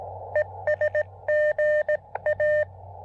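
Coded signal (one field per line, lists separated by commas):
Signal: Morse code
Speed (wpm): 18 wpm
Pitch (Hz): 590 Hz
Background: none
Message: ES GA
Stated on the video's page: QRP Parks on the Air activation using an Elecraft KX2 and Chelegance MC-750 antenna.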